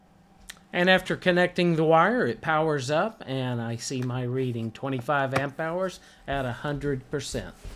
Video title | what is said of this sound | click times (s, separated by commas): Battery Power Meter | to just snap in place into the hole | 0.5 s